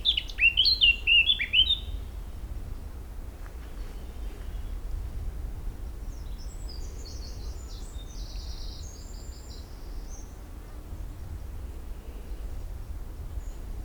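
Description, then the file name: Eurasian blackcap song, a loud rich whistled phrase at the start, then fainter high buzzy notes in the middle and steady low background noise. "Sylvia atricapilla"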